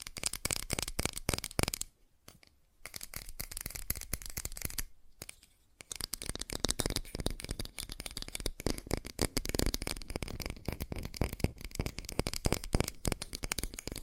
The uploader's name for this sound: ASMR Fast Tapping